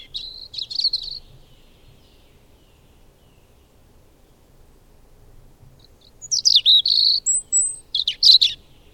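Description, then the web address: Bird song: a short buzzy trill, a long silence, then a louder phrase of sweeping slurred whistles and thin high notes ending in a rapid chatter. "madarak enek"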